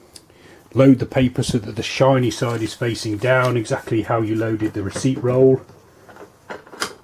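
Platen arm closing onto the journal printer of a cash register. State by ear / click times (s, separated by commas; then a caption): seated / 6.8 s. Someone talks while loading a new paper roll into the journal printer of a Sam4S ER-900 / ER-940 / ER-945 cash register. After a short pause, soft handling noises lead up to the plastic platen arm being closed down over the paper, with a loud, sharp click at 6.8 s as it seats into place.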